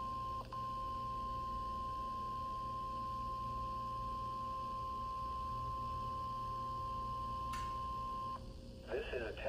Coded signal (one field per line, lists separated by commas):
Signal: Emergency Alert System (SAME) tones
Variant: 1050 Hz attention tone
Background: speech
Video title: Weekly Required Test On NOAA Weather Radio